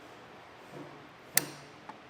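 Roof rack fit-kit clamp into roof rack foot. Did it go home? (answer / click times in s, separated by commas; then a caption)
yes / 1.4 s. A vehicle-specific metal fit-kit clamp is pushed up through the underside of a Thule SquareBar Evo roof rack foot (tower), part of a naked-roof rack installed on a 2023 Nissan Rogue. After quiet handling noise and a soft low rustle near 0.8 s, a single sharp click at 1.4 s marks the clamp seating into the foot, followed by a fainter tick at 1.9 s.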